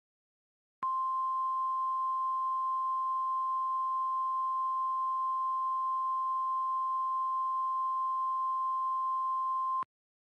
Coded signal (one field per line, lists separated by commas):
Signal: Emergency Alert System (SAME) tones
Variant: 1050 Hz attention tone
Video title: DID YOU LOVE ME? - An EAS Scenario